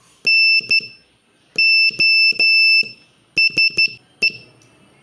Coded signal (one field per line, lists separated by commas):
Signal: Morse code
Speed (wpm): 12 wpm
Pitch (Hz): 2650 Hz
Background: none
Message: NOSE